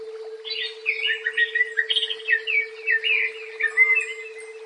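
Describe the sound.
Leafbird song, a rapid tumbling series of rich, varied warbled notes with a constant low hum beneath.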